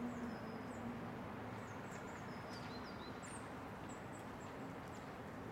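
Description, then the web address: Small birds chirping, thin high notes sliding downward in quick scattered bursts, over a steady low hum. Birds recorded in a residential area; calm atmosphere. "lynne-publishing Residential Area Birds Calm"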